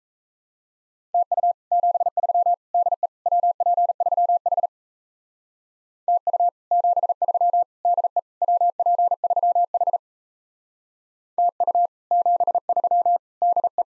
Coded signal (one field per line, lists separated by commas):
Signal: Morse code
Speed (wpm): 35 wpm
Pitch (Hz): 700 Hz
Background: none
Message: TU 73 DE WP3H TU 73 DE WP3H TU 73 DE